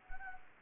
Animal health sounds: mosquito wingbeat signal from an infrared sensor; Anopheles gambiae

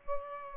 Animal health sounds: mosquito wingbeat signal from an infrared sensor; Aedes aegypti

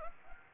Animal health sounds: mosquito wingbeat signal from an infrared sensor; Anopheles gambiae

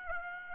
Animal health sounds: mosquito wingbeat signal from an infrared sensor; Aedes aegypti

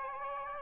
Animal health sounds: mosquito wingbeat signal from an infrared sensor; Aedes aegypti

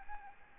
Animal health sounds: mosquito wingbeat signal from an infrared sensor; Aedes albopictus

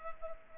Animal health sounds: mosquito wingbeat signal from an infrared sensor; Culex pipiens

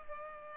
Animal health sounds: mosquito wingbeat signal from an infrared sensor; Culex pipiens

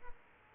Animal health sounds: mosquito wingbeat signal from an infrared sensor; Aedes aegypti

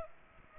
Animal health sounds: mosquito wingbeat signal from an infrared sensor; Aedes aegypti

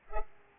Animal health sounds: mosquito wingbeat signal from an infrared sensor; Culex pipiens

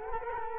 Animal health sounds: mosquito wingbeat signal from an infrared sensor; Culex quinquefasciatus

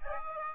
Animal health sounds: mosquito wingbeat signal from an infrared sensor; Aedes aegypti

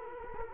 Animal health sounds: mosquito wingbeat signal from an infrared sensor; Culex quinquefasciatus

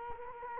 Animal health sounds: mosquito wingbeat signal from an infrared sensor; Culex quinquefasciatus

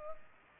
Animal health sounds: mosquito wingbeat signal from an infrared sensor; Culex pipiens

